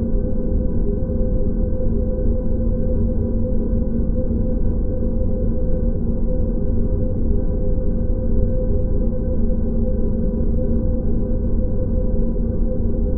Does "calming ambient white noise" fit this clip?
yes